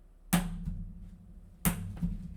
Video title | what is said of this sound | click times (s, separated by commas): Pc building stream | Now you're gonna know that it's in correctly because you're gonna hear a little snap. | 0.3 s, 1.7 s